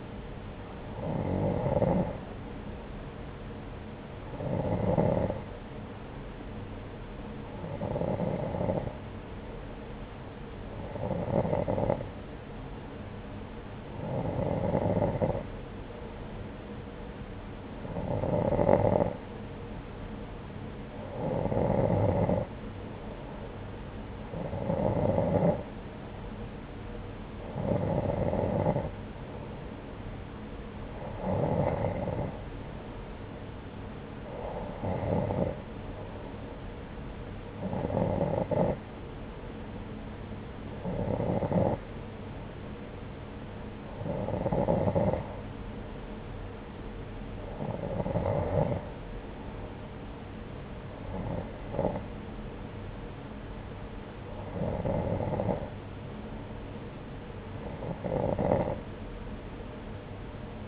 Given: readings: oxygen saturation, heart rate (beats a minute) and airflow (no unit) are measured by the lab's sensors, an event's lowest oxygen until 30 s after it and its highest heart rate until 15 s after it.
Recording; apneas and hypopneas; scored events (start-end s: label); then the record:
breathing in sleep by a voice recorder at the bedside; none
none scored
From the record:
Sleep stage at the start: N2 (light sleep); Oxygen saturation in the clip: 89 to 91%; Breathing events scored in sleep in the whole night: 303 in 8.1 hours asleep